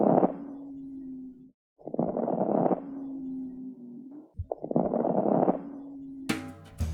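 Adult lung sounds through a stethoscope, three breaths at about 24 a minute: expiration louder and longer than inspiration, inspiratory crackles from small airways popping open, and low groaning expiratory rhonchi from narrowed airways repeatedly closing and opening, pointing to airway obstruction such as asthma or chronic bronchitis.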